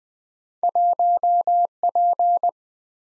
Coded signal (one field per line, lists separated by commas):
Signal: Morse code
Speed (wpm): 23 wpm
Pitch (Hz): 700 Hz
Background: none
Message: 1P